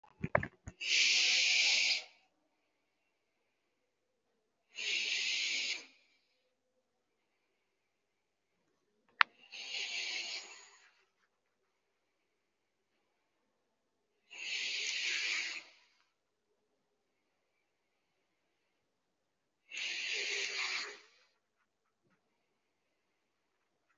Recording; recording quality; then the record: shallow breathing; excellent, no background noise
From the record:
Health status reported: healthy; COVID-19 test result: negative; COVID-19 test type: RT-PCR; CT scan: not taken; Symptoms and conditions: none ticked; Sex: female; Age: 24 years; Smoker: no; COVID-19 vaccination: one dose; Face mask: worn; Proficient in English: yes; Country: India